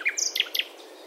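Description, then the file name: Common nightingale song fragment: a few quick, sharp chirps and high whistled notes in close succession, over faint background hiss. "Luscinia megarhynchos"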